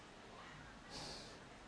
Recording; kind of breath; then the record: one breath in and out by a microphone near the nose and mouth; normal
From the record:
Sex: male